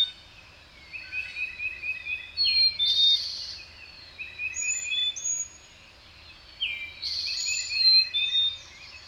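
Bird song in several phrases mixing buzzy chatter, warbles and high drawn-out whistles, with short quiet pauses between them.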